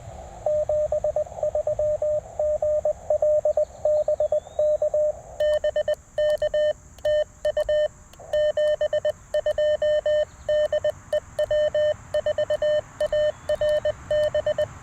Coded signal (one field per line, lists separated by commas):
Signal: Morse code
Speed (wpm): 20 wpm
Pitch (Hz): 590 Hz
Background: radio noise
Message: 73 GL BK BK TU 72 DE W4ARB